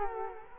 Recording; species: mosquito wingbeat signal from an infrared sensor; Culex quinquefasciatus